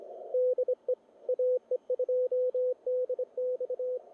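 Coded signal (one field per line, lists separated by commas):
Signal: Morse code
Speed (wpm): 26 wpm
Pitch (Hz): 530 Hz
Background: radio noise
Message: DE AE2DX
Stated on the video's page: ARRL Sweepstakes CW contest operating from Utah, calling CQ and running stations, copied by ear.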